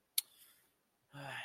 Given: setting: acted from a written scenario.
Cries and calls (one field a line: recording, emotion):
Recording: vocal sound without words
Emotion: realization